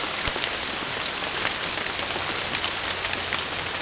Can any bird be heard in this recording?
no